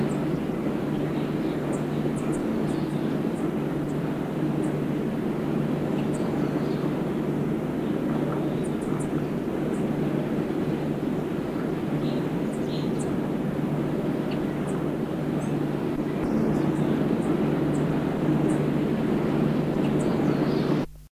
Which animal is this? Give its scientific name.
Hydrornis caeruleus